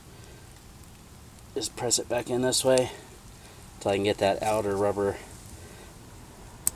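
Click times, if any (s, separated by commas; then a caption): 6.7 s. On a 2001 Chevy Silverado 1500 4x4 rear brake job, the outer rubber lip of the second slide pin's dust boot is pressed back in by hand on the brake caliper while someone talks. A short, sharp snap at 6.7 s marks the boot seating into place, confirmed as seated.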